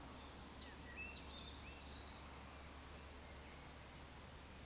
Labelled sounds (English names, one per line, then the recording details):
Eurasian Woodcock whistle
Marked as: whistle, whistle
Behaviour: display flight
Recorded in Baden-Württemberg, Germany, on 3 June 2021 at 19:26 UTC
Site 49334, 1074 m above sea level